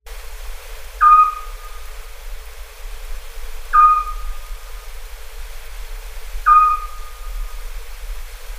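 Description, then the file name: Eurasian scops owl giving short, clear whistled notes, one every two to three seconds, three in all, over a quiet hiss. "Hibou Petit duc"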